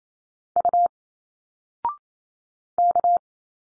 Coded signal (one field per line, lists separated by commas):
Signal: Morse code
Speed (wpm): 28 wpm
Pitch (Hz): 700 Hz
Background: none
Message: U K